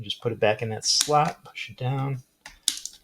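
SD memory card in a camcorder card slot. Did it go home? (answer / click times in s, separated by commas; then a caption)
yes / 2.7 s. Someone talks while a plastic 32 GB SD card is reinserted into the card slot of a Lovpo 4K camcorder and pushed down until the spring latch catches. A sharp click sounds at 2.7 s as the card seats in the slot.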